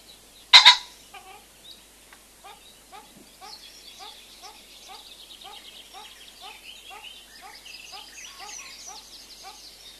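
Common pheasant gives a single loud, harsh double-noted crow near the start, followed by soft, rhythmic repeated notes and faint higher bird calls.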